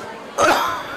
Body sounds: coughing mixed with background sound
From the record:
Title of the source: Heavy cold and sore throat coughing.

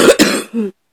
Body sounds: coughing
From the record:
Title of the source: 60 coughing still (deep and wet cough)

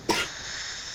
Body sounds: coughing mixed with background sound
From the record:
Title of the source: 55 gaggy wet cough

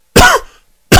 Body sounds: coughing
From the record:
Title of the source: Coughing 51

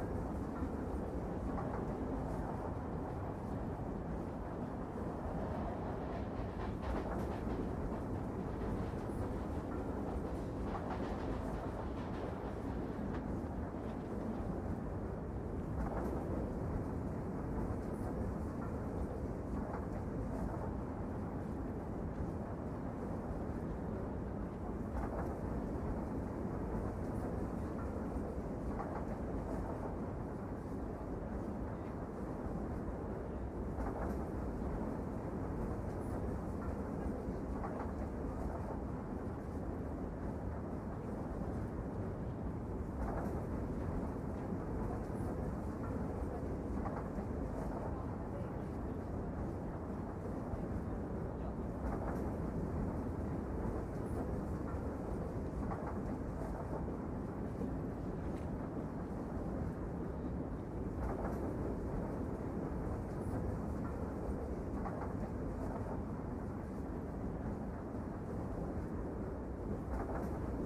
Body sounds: background sound without coughing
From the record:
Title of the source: Train Ride Ambience ambient white noise for sleeping, focus, studying, reading

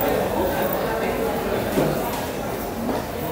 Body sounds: background sound without coughing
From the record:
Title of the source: 40 min - Ambience sounds UNIVERSITY lunchroom chatting

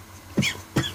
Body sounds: coughing mixed with background sound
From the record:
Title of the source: Dry Coughing Fit in the Afternoon.

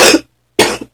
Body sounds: coughing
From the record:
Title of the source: 61 morning phlegmy cough...again

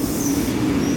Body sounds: coughing mixed with background sound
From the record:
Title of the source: Female coughing - Sound effects

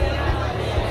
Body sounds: background sound without coughing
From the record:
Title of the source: CITY SOUNDS Busy Bar in the Evening Night - 2 HOURS of Ambiance for Relaxation

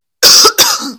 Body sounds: coughing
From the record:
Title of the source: November cold (wet coughing)

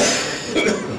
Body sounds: coughing mixed with background sound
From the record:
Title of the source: Spring Cold Coughing 3

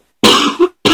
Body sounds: coughing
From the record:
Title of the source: 64 coughing, allergies, singing lungs

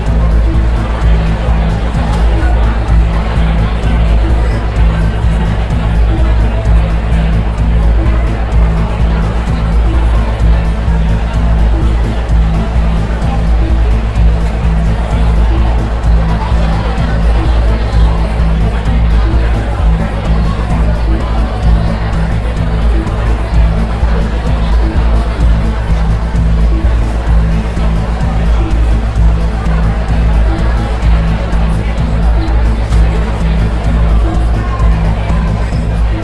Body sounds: background sound without coughing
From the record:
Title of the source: Party Noise 1 Hour Party Ambience

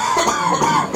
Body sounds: coughing mixed with background sound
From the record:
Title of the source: Spring Cold Coughing 2

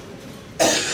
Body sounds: coughing mixed with background sound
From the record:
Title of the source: Cough Around the Clock!

